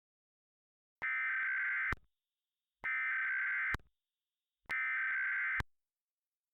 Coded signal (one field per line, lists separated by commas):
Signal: Emergency Alert System (SAME) tones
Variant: header bursts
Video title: EAS Scenario #2: Social Distancing Gone Wrong